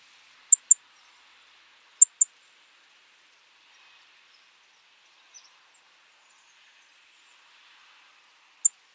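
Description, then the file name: European robin giving sharp, very high ticking notes, mostly in quick pairs, separated by long quiet gaps, with a faint hiss in the background. "Erithacus rubecula"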